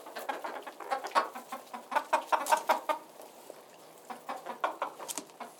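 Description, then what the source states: Chicken clucks come in quick repeated runs with short pauses between bursts. Inside a hen house on a farm.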